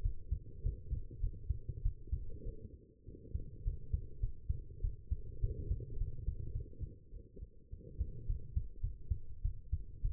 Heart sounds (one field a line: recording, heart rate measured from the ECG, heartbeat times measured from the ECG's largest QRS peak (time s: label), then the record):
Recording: heart sounds by stethoscope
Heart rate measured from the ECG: 102 bpm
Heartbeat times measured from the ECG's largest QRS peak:
0.02 s: heartbeat
0.63 s: heartbeat
1.20 s: heartbeat
1.82 s: heartbeat
2.43 s: heartbeat
3.05 s: heartbeat
3.64 s: heartbeat
4.20 s: heartbeat
4.81 s: heartbeat
5.40 s: heartbeat
5.98 s: heartbeat
6.52 s: heartbeat
7.11 s: heartbeat
7.70 s: heartbeat
8.26 s: heartbeat
8.81 s: heartbeat
9.42 s: heartbeat
10.02 s: heartbeat
From the record:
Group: healthy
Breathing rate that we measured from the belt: 26 breaths a minute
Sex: female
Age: 19 years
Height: 163 cm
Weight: 51 kg